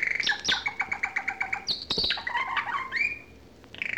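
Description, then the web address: Bird calling with a fast run of repeated chirps, then whistled slurred notes and a rising squeak, fairly busy and loud until a quieter stretch near the end. "audio animali uccelli uccelli birds"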